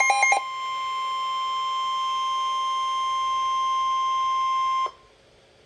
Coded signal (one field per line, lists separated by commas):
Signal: Emergency Alert System (SAME) tones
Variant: 1050 Hz attention tone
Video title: Severe Thunderstorm Warning - EAS #445